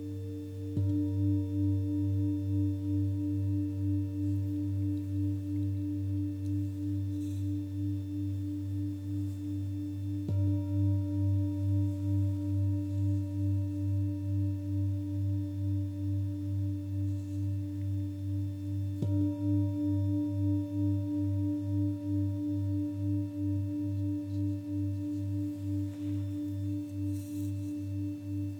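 Crystal and Tibetan bowls ring in a long, steady drone, struck again roughly every nine to ten seconds, near the start, around ten seconds and around nineteen. A deep tone dominates with a slow, regular wobble, layered with fainter higher tones.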